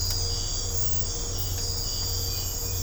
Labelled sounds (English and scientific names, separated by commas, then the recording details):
none
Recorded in secondary vegetation near Puerto Asís, Putumayo, Colombia, on 20 December 2024 at 03:30
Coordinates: 0.502, -76.326
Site G028